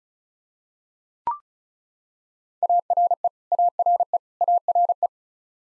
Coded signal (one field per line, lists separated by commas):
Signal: Morse code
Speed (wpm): 36 wpm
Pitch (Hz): 700 Hz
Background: none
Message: ARE ARE ARE